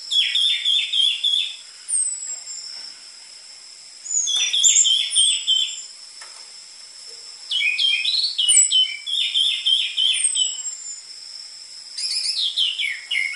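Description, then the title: Orange-headed thrush singing in separate bursts of quick, stuttering, chattering notes, with pauses of a second or two, thin descending whistles and a steady high whine in the background. Lure recording for training caged orange-headed thrushes; prolific singing with dense fill material, suited as master song for the spotted Trotol form. "PANCINGAN Anis Merah Gacor Materi Isian Rapat Cocok Untuk MASTERAN Anis Merah TROTOL"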